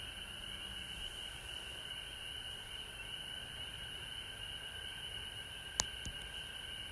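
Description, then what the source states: Frog chorus humming steadily in an unbroken trill, with a couple of sharp knocks near the end and a constant high hiss. Recorded at home in Georgia on March 19, 2020.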